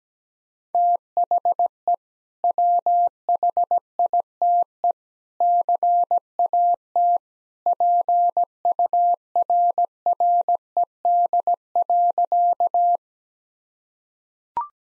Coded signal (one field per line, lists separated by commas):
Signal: Morse code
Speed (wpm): 17 wpm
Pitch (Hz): 700 Hz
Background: none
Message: THE WHITE CAT PURRED.